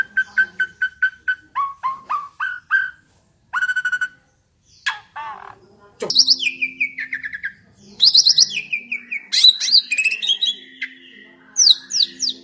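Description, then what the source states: Asian pied starling song: evenly repeated whistled notes, then a few rising step by step, a brief rattle, then rich warbling, chattering and squeaky slurred whistles. Indonesian name jalak suren; the singing is described as gacor.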